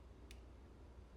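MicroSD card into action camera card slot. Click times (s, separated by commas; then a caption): 0.3 s. A SanDisk Extreme Plus microSD memory card is pushed down into the card slot of a GoPro action camera until it latches. A single short, sharp click is heard at 0.3 s over a steady low background hum, and the card is seated.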